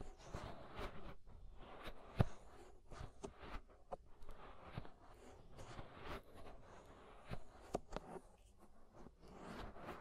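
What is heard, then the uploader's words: Inner and outer ear scraping: a dense, continuous rustle of rubbing and scratching fills the whole clip, with low muffled thumps underneath. Sharp brighter scrapes and clicks break through irregularly, about once a second, the strongest near the two-second mark. Inner and Outer Ear Scraping (No Talking).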